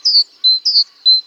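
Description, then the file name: Great tit calling, a high two-part phrase of a steady whistled note and a brighter slurred note, repeated about every 0.6 seconds. "Parus major"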